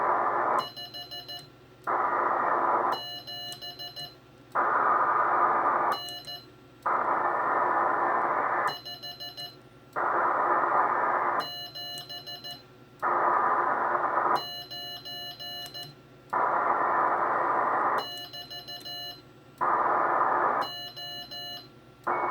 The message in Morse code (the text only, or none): 57N 579 <BT> O